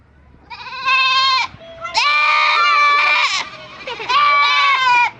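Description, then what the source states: Goat bleating three times, each a loud, nasal, wavering call about a second long, separated by short pauses. Goat recorded at night.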